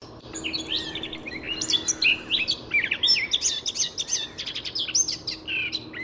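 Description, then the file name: Eurasian blackcap song, a rapid jumble of bright whistled and chattering notes that starts after a brief quiet moment and keeps going, with a faint low hum beneath. "Sylvia atricapilla"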